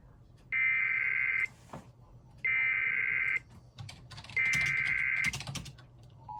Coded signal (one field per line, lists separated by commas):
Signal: Emergency Alert System (SAME) tones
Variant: header bursts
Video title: EAS 2656-2657: 911 Telephone Outage Emergency Crawford PA